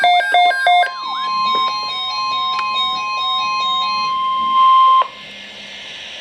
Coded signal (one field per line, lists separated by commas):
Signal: Emergency Alert System (SAME) tones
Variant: 1050 Hz attention tone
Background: music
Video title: Flood Watch for Most of NJ (EAS #1,116)